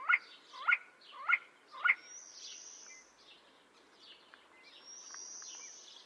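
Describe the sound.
See-see partridge giving four sharp clipped notes in quick succession, followed by drawn-out high whistles and scattered faint chirps.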